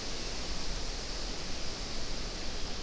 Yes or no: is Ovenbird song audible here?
no